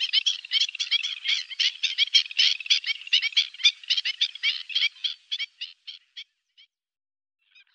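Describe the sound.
Black-winged stilt calling in a fast, uneven series of sharp, yapping notes, several per second, thinning out and fading toward the end.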